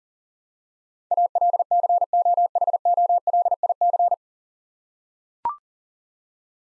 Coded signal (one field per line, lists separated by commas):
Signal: Morse code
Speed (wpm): 40 wpm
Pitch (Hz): 700 Hz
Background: none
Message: ALCOHOLIC